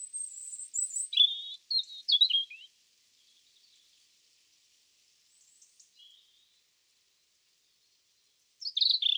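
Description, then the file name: European robin opening with a thin, high, wavering note and quick tumbling phrases, falling quiet with faint notes before a final bright burst. "Erithacus rubecula"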